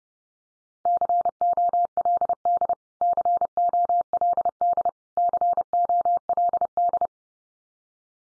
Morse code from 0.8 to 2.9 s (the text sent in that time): COLD